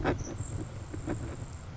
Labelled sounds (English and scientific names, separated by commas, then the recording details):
Grasshopper Sparrow (Ammodramus savannarum)
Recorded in Sonoma County, California